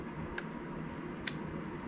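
The manual safety lever on the frame of a polymer Shield X pistol is pushed up and gives a soft click at 0.4 s, partway through its travel at the first detent. This first click is not full safety, so the lever is not fully engaged. A second, sharper click follows at 1.3 s over a steady low background hum.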